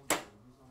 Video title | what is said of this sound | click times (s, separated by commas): PTA 110 Introduction to Physical Therapy | And you're going to hear a little clicking noise. | 0.1 s